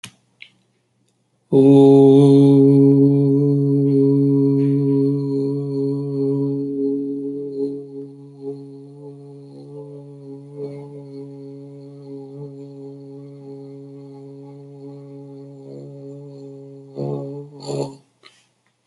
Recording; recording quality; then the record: sustained vowel as in boot; excellent, no background noise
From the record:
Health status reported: healthy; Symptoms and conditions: none ticked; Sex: male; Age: 39 years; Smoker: not ticked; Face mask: not worn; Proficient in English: yes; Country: India